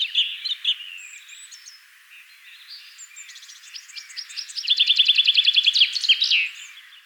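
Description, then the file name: Common chaffinch song: quiet twitters and whistles, then a loud run of rapid repeated notes closing with a flourish. "Fringilla coelebs"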